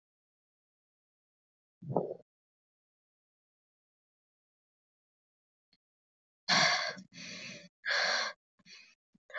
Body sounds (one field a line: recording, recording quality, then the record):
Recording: shallow breathing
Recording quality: excellent, no background noise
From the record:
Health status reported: healthy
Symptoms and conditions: sore throat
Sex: female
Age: 20 years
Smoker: not ticked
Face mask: not worn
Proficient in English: yes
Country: India